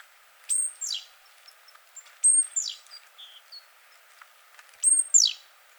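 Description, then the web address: Great tit song of three high two-note phrases, with a few soft short chips and tones in between. "SETE data Parus major"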